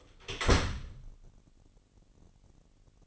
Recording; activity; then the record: daily activity, microphone in the room; close door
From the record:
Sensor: 4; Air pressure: 999.2 hPa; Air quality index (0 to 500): 115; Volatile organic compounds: 2 ppm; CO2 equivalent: 1132 ppm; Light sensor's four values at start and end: 13/31/12/14 and 13/31/12/13